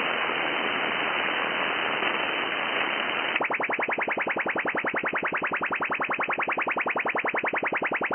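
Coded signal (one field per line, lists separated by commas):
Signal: radar signal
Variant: FMCW chirp sounder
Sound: steady wideband hiss, then a fast rhythmic pulsing buzz about eight per second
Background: radio static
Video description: These are probably propagation sounders or backscatter radar systems. The mode for all of these is FMCW (Frequency Modulated Continuous Wave ), in which a full-duty carrier is swept across a well-defined frequency range.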